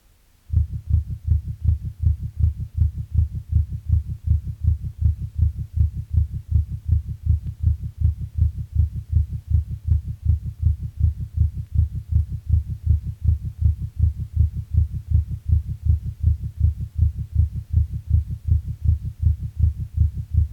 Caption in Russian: Пароксизмальная тахикардия аускультативно проявляется большой частотой сердечных сокращений, обычно более 150 ударов в минуту, при сохранении правильного ритма. Громкость тонов обычно повышена, однако различить первый и второй тоны бывает крайне сложно. Сделанную у больного ишемической болезнью сердца в момент пароксизма наджелудочковой тахикардии.